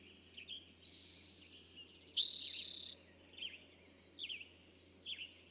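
Eastern towhee: a strong, buzzy trill of under a second, with light chirping before and after.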